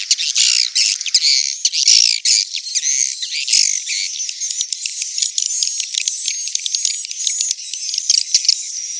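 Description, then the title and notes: Swiftlets twittering, an unbroken stream of high, rapid chirps and squeaks, with a few clearer whistled notes toward the end. Swiftlet sound used for swiftlet farming in Asia. "Swiflet Bird Sound. Farming Swiflet Bird asia sound"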